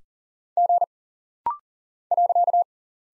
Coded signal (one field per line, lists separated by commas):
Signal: Morse code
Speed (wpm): 40 wpm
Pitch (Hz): 700 Hz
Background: none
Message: G .